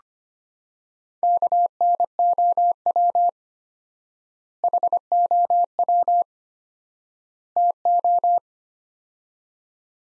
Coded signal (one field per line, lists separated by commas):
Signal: Morse code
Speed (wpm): 25 wpm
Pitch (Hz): 700 Hz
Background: none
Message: KNOW HOW TO